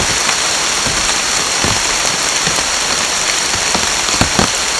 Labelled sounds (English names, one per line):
none